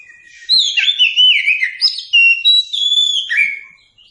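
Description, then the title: Oriental magpie-robin song: a rich run of loud whistled and slurred notes, some rising and some falling, delivered quickly for about three seconds. Song recording (masteran) used to train captive songbirds. "Masteran Burung Kacer"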